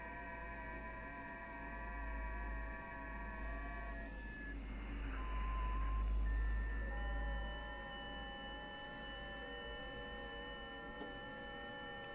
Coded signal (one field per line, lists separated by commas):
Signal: FT8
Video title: SunSDR2 in the FT8 mode